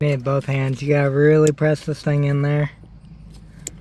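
Someone talks while using both hands to press a new fuel tank selector switch firmly into the dash panel opening of a 1983 C10. After the talking stops around 2.7 s, there is quiet handling noise and a brief sharp tick near 3.7 s. Nothing has seated or clicked yet.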